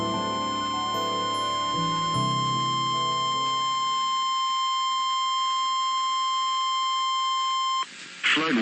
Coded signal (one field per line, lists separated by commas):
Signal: Emergency Alert System (SAME) tones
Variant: 1050 Hz attention tone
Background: music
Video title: FLASH FLOOD FIASCO III - EAS Alerts from 07/16/2023 (EAS #269-#282)